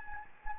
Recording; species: mosquito wingbeat signal from an infrared sensor; Anopheles gambiae